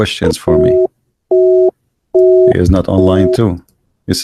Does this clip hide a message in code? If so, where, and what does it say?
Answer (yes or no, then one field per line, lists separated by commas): no